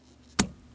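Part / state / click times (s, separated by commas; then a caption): wiring harness connector onto brake light switch / seated / 0.4 s. A plastic wiring harness connector, locking tab aligned, is pressed onto a new brake light switch on a 2015-2025 Ford Transit 250, giving a single sharp click at 0.4 s over quiet background. The connector is seated and confirmed with a light tug so it won't come loose while driving.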